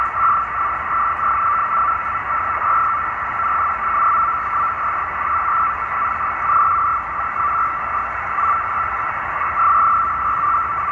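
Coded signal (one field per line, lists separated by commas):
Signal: NAVTEX (SITOR-B)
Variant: 100 baud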